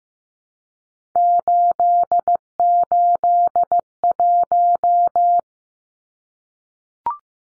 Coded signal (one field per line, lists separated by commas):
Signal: Morse code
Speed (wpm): 15 wpm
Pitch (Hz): 700 Hz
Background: none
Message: 881